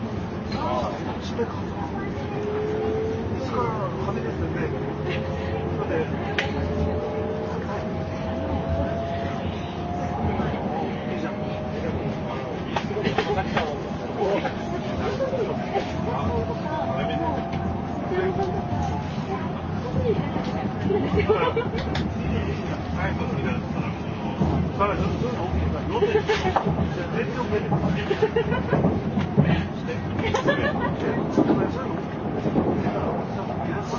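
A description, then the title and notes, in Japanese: A JR N700-series Shinkansen runs between Kyoto and Shin-Yokohama, its steady, dense low rumble never letting up. In the first twenty seconds a motor whine climbs slowly in pitch as the train gains speed. Murmured voices and scattered clicks and rattles sit over the roar throughout. JRN700系 京都〜新横浜。ひかり530号に乗車し、録音しました。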